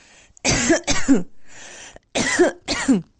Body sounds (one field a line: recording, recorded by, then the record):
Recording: voluntary cough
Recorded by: messaging app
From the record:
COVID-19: negative